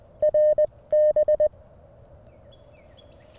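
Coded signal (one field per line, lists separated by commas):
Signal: Morse code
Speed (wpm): 20 wpm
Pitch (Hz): 610 Hz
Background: none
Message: RB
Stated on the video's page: Portable CW on a Mountain Topper MTR5B during a Parks on the Air activation, rough keying on a pressure paddle, sidetone loud.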